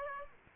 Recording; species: mosquito wingbeat signal from an infrared sensor; Aedes aegypti